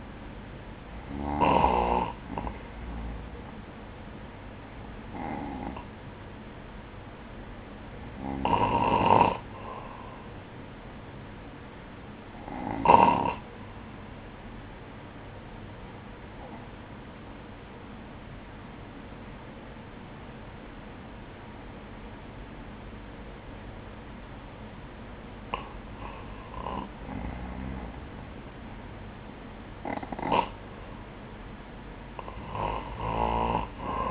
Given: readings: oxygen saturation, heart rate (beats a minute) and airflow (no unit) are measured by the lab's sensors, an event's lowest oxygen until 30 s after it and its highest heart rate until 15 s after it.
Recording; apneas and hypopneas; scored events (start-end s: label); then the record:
breathing in sleep by a voice recorder at the bedside; 1
6.00-26.50 s: hypopnea (N2, oxygen 96% highest, then 93% lowest, heart rate 55 at the start, 59 highest)
From the record:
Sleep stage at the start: N2 (light sleep); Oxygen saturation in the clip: 94 to 96%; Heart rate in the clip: 55 to 59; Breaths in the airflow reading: 6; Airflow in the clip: -7.8 to 4.9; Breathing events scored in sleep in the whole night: 180 in 6.7 hours asleep